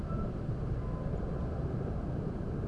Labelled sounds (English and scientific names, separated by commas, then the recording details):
Song Thrush (Turdus philomelos)
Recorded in Germany
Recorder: ecoPi